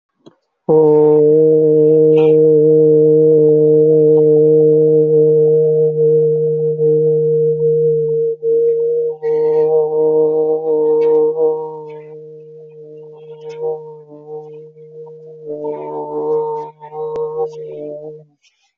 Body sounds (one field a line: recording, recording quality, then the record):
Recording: sustained vowel as in boot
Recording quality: excellent, no background noise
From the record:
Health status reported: healthy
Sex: male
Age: 23 years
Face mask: not worn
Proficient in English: yes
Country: India